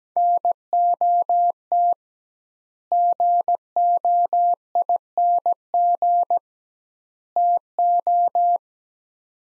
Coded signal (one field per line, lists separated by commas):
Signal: Morse code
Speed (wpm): 17 wpm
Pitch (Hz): 700 Hz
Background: none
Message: NOT GOING TO